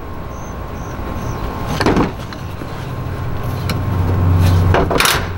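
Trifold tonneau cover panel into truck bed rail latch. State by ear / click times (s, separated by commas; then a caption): seated / 5.0 s. After an earlier attempt sat crooked and failed to latch, the realigned second section of a trifold tonneau cover on a 2020 Toyota Tacoma truck bed is pushed down onto its rail clamp. Scattered knocks and rattles at about 1.8, 2.3, 3.7 and 4.7 seconds sit over a low rumble that grows louder toward the end. A sharp click at 5.0 seconds marks the panel latching into the bed rail latch.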